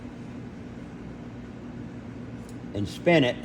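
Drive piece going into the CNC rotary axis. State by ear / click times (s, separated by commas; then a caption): not seated / none. A drive piece is put back into the rotary axis of an Avid CNC router and handled before it is spun to engage. A steady low hum runs throughout, with brief louder handling and voice sounds near the end as someone talks. Nothing has seated or clicked yet.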